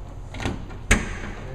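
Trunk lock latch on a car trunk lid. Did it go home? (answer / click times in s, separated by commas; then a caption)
released / 0.9 s. The trunk lock on a 1970 Plymouth Cuda is opened with the key, and a small rattle at 0.3 s is followed by a loud, sharp pop at 0.9 s as the latch releases. The trunk lid then lifts up, and the lock is released.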